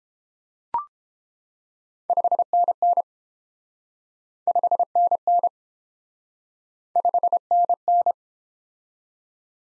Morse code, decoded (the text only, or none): 5NN 5NN 5NN